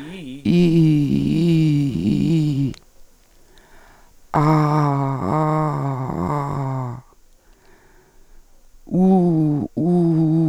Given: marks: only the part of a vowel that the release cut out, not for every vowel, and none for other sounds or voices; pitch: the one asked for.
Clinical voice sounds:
sustained vowels; female; 60 to 69 years; 2; 2; 1
0.67-1.77 s: vowel /i/, low-high-low pitch
4.68-5.95 s: vowel /a/, low-high-low pitch
8.99-10.12 s: vowel /u/, low-high-low pitch
From the record:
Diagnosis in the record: Reinke's edema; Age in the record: 62 years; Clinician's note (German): Mäßige Form

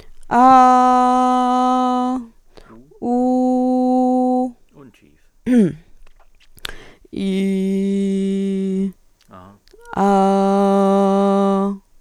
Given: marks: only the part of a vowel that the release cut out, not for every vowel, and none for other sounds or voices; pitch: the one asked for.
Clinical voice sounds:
sustained vowels; female; 20 to 29 years; 0; 0; 0
0.58-2.07 s: vowel /a/, high pitch
3.13-4.38 s: vowel /u/, high pitch
7.27-8.79 s: vowel /i/, low pitch
10.04-11.62 s: vowel /a/, low pitch
From the record:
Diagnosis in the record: healthy voice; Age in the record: 25 years

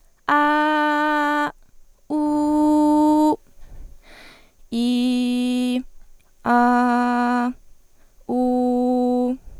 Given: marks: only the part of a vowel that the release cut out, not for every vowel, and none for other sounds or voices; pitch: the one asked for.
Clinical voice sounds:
sustained vowels; female; 18 to 19 years; 0; 0; 0
0.41-1.36 s: vowel /a/, high pitch
2.26-3.26 s: vowel /u/, high pitch
4.86-5.63 s: vowel /i/, low pitch
6.64-7.42 s: vowel /a/, low pitch
8.44-9.23 s: vowel /u/, low pitch
From the record:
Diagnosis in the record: healthy voice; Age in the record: 19 years

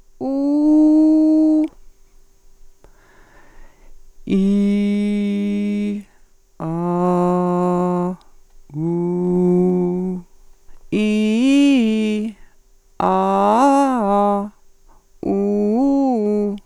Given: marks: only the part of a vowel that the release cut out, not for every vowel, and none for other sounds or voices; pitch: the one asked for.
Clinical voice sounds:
sustained vowels; female; 50 to 59 years; 0; 0; 0
0.28-1.60 s: vowel /u/, high pitch
4.37-5.87 s: vowel /i/, low pitch
6.66-8.06 s: vowel /a/, low pitch
8.83-10.12 s: vowel /u/, low pitch
10.99-12.22 s: vowel /i/, low-high-low pitch
13.09-14.39 s: vowel /a/, low-high-low pitch
15.33-16.47 s: vowel /u/, low-high-low pitch
From the record:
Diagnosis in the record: dysphonia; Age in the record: 53 years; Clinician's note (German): Multifaktoriell, cervicogen

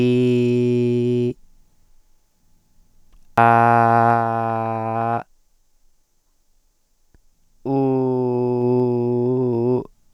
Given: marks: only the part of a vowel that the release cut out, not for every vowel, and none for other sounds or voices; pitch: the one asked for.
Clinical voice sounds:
sustained vowels; male; 50 to 59 years; 0; 0; 0
0.00-1.23 s: vowel /i/, normal pitch
3.45-5.09 s: vowel /a/, normal pitch
7.78-9.67 s: vowel /u/, normal pitch
From the record:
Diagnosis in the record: hypopharyngeal tumor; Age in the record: 50 years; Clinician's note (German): Großes Ca re, ohne strob. Abweichung

